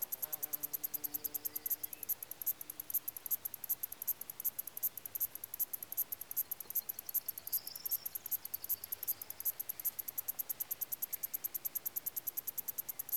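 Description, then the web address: Crickets chirping with a fast, steady train of very high ticking pulses. Crickets and other insects recorded in Lassi, Greece. "BBC Sound Effects Library. Greece. Crickets And Other Insects"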